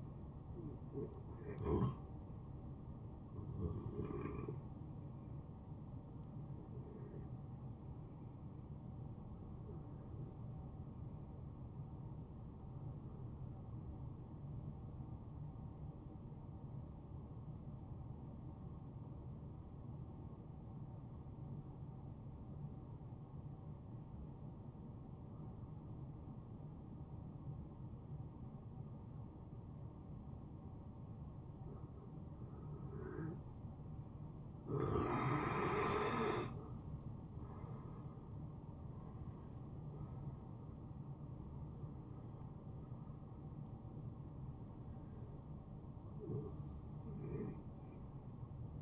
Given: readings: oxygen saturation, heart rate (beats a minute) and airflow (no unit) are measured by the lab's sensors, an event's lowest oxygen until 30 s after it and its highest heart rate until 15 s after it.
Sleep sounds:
breathing in sleep by a smartphone at the bedside; 1
8.00-37.50 s: hypopnea (N1, oxygen 94% highest, then 87% lowest, heart rate 70 at the start, 75 highest)
19.00-48.82 s: new sleep stage, N2 (light sleep)
From the record:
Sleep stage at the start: N1 (lightest sleep); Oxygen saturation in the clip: 87 to 95%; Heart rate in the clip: 61 to 75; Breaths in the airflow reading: 8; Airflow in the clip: -15.9 to 10.0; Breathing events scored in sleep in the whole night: 263 in 5.5 hours asleep

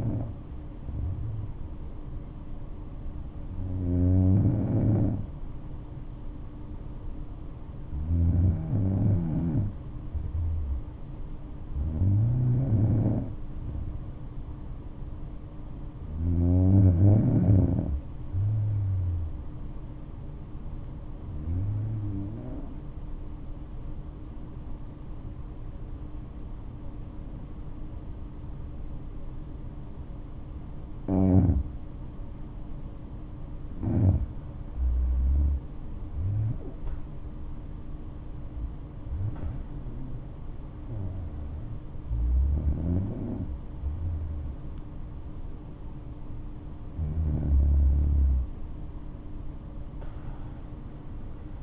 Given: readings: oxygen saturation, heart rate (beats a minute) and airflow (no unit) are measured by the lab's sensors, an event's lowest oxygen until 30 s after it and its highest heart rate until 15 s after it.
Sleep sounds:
breathing in sleep by a smartphone at the bedside; 1
22.00-35.60 s: hypopnea (N2, oxygen 95% highest, then 92% lowest, heart rate 63 at the start, 70 highest)
From the record:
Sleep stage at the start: N2 (light sleep); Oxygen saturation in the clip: 93 to 95%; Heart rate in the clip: 59 to 71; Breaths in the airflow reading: 9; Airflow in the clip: -8.0 to 10.3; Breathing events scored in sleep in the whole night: 228 in 5.4 hours asleep

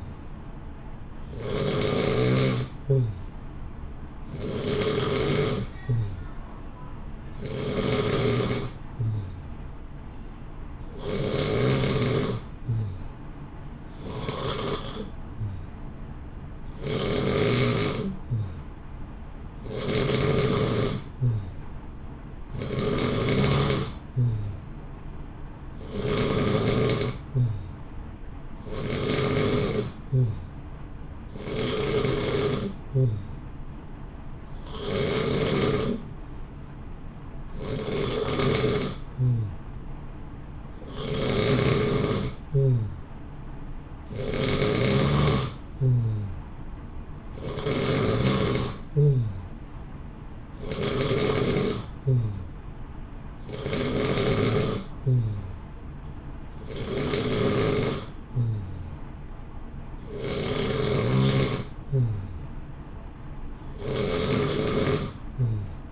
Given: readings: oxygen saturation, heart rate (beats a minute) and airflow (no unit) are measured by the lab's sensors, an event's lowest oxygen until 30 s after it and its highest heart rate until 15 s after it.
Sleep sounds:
breathing in sleep by a smartphone at the bedside; none
26.00-56.00 s: new sleep stage, N3 (deep sleep)
56.00-65.92 s: new sleep stage, N2 (light sleep)
From the record:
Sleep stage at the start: N2 (light sleep); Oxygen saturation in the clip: 89 to 91%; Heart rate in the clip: 60 to 65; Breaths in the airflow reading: 23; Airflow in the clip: -0.9 to 0.8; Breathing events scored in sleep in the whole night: 328 in 6.3 hours asleep

